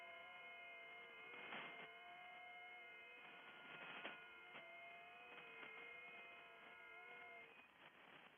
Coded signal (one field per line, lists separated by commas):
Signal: FT8